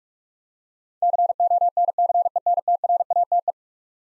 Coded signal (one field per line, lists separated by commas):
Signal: Morse code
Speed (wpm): 46 wpm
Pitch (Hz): 700 Hz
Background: none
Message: CONCENTRATE